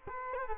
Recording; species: mosquito wingbeat signal from an infrared sensor; Culex quinquefasciatus